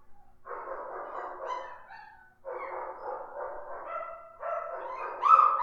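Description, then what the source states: Dog giving long runs of rough, rapid barks blending into whining calls, in three stretches, the last one growing louder. More than one dog, barking and whimpering.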